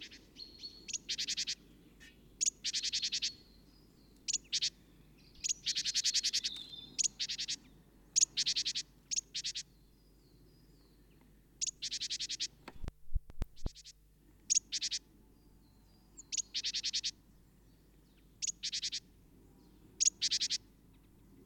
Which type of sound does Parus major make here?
alarm call